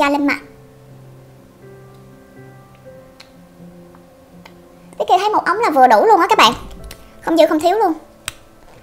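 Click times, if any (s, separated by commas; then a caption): 8.3 s. A dropper cap is pressed back down into the neck of a glass serum bottle after serum has been drawn into the dropper, with soft background music and someone talking over it. A single sharp click at 8.3 s shows the cap has seated and the bottle is sealed.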